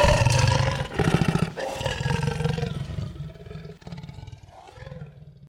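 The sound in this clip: Leopard growling with deep, vibrating pulses, loud at first and then trailing into softer, rasping rumbles.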